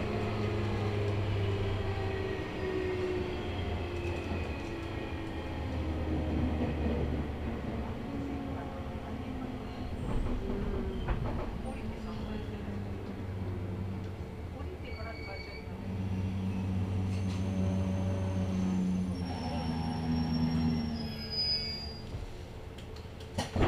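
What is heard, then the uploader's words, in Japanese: A local train waits at a station, its engine and ventilation humming in a low, steady drone with pulsing tones around the lower range. Short clanks and thumps break in now and then, and a brief bright squeal sounds near the end. 中央東線普通 大月→高尾。四方津駅で特急の通過待ちで9分停車します。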